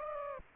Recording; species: mosquito wingbeat signal from an infrared sensor; Aedes aegypti